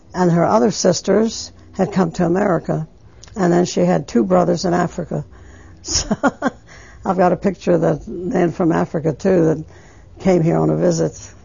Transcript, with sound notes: And her other sisters had come to America and she had two brothers in Africa. ( she laughs ) I've got a picture of the man from Africa, too, when they came here on a visit.